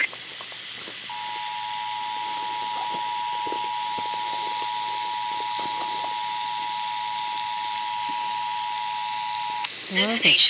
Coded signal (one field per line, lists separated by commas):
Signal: Emergency Alert System (SAME) tones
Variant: 853 and 960 Hz attention tone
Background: speech